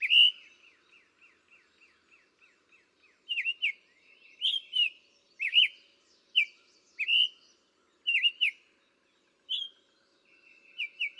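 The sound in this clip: Summer tanager song: a run of soft short notes, then louder slurred whistled phrases, single, paired or in threes.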